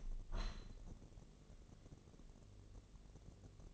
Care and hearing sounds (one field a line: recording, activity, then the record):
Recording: daily activity, microphone in the room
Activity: open window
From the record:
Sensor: 4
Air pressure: 1013.0 hPa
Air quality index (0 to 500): 167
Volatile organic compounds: 2 ppm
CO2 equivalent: 1054 ppm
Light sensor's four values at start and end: 49/122/50/52 and 51/124/51/54